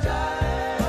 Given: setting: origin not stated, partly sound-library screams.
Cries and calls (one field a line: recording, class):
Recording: one-second piece from a danger detection set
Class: normal situation